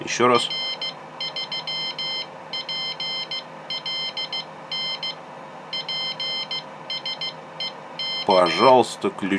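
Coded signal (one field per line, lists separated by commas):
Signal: Morse code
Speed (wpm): 16 wpm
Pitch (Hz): 3150 Hz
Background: speech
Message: R3PLN PSE K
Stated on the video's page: Homemade telegraph key and paddle, Arduino Nano-based.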